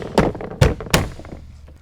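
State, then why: Seated. The bottom edge of a plastic door trim panel on a 2019 Toyota Tacoma is pressed so its retaining clips snap into the metal door. Sharp, hollow thunks are heard, with the clips clicking in at about 0.2 s and 0.9 s, another dull thump near 0.6 s, and a faint tick at the end. The panel's bottom clips are seated.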